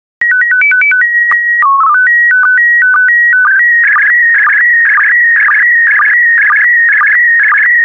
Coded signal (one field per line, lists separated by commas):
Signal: SSTV (slow-scan television)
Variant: PD 120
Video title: 91045 Fruits and Vegetables SSTV PD120